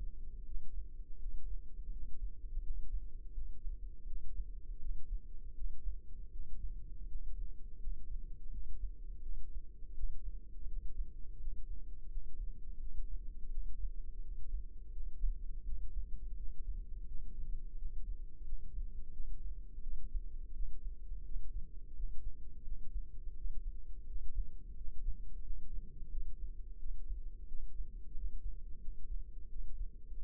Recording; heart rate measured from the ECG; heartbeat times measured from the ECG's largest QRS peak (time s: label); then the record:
heart sounds by microphone in the left ear; 85 bpm
0.43 s: heartbeat
1.17 s: heartbeat
1.89 s: heartbeat
2.60 s: heartbeat
3.31 s: heartbeat
4.04 s: heartbeat
4.77 s: heartbeat
5.52 s: heartbeat
6.29 s: heartbeat
7.05 s: heartbeat
7.77 s: heartbeat
8.48 s: heartbeat
9.20 s: heartbeat
9.92 s: heartbeat
10.65 s: heartbeat
11.37 s: heartbeat
12.07 s: heartbeat
12.77 s: heartbeat
13.48 s: heartbeat
14.19 s: heartbeat
14.90 s: heartbeat
15.63 s: heartbeat
16.34 s: heartbeat
17.05 s: heartbeat
17.75 s: heartbeat
18.42 s: heartbeat
19.10 s: heartbeat
19.80 s: heartbeat
20.51 s: heartbeat
21.22 s: heartbeat
21.93 s: heartbeat
22.62 s: heartbeat
23.33 s: heartbeat
24.04 s: heartbeat
24.74 s: heartbeat
25.40 s: heartbeat
26.08 s: heartbeat
26.76 s: heartbeat
27.45 s: heartbeat
28.12 s: heartbeat
28.78 s: heartbeat
29.47 s: heartbeat
30.15 s: heartbeat
From the record:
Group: healthy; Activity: rest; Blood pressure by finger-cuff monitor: 106/61 mmHg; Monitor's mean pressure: 76 mmHg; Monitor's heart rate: 84 bpm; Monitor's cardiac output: 6.9 L/min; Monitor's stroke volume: 84 mL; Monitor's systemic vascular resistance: 770 dyn s/cm5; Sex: female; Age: 26 years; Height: 165 cm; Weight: 55 kg